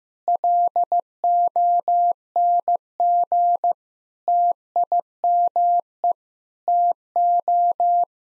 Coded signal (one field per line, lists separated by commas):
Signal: Morse code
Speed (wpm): 15 wpm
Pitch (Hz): 700 Hz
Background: none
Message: LONG TIME TO